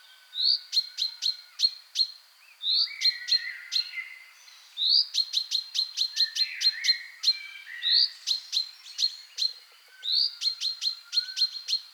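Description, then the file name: Common chaffinch call notes: short, sharp chinks in quick bursts, mixed with rising whistles and lower warbled phrases. "Fringilla coelebs"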